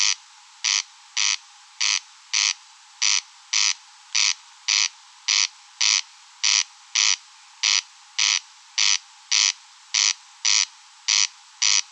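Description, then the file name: Corn crake's grating call repeated on and on in a regular ratchet-like rhythm against a quiet background. Recorded at Rønbjerg Enge. "Engsnarre Roenbjerg Enge"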